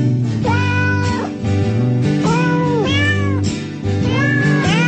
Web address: Cats